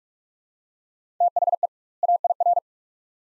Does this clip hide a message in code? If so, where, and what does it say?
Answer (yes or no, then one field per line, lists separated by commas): yes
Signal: Morse code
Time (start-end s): 1.2-2.6 s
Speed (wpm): 43 wpm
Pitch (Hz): 700 Hz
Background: none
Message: THE AIR